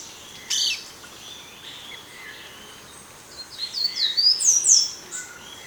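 Bird calls, soft: one brief sharp chirp early, then a series of thin, very high rising and falling whistled notes near the end over a steady hiss.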